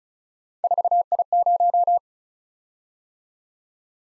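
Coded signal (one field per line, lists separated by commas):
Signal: Morse code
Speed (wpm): 36 wpm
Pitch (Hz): 700 Hz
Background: none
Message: 4I0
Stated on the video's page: Morse head-copy practice drill at 35 wpm of random three-character letter-number groups, each sent, spoken, then sent again.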